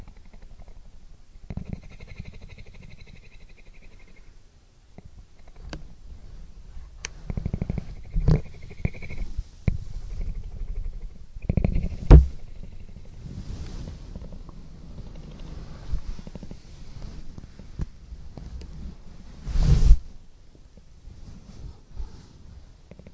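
Kittens purr in a low, continuous rumble with a fast, pulsing flutter, dipping quiet around the fourth second. Louder bursts break through near 7, 12 and 20 seconds, and faint high squeaky tones float above the purring early on and around 9 seconds.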